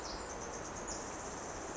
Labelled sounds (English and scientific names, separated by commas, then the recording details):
Pacific Wren (Troglodytes pacificus)
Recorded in Sonoma County, California